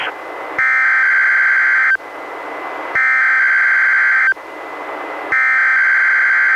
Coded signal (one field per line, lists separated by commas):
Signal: Emergency Alert System (SAME) tones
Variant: header bursts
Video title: EAS #589: NWR Required Weekly Test- Dec. 8, 2021- 11:30AM PST